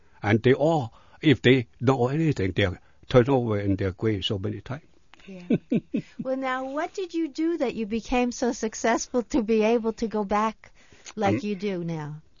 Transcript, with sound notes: and they all, if they know anything, they'll turn over in their graves so many times. ( he laughs )
Now, what did you do that you became so successful to be able to go back like you do now?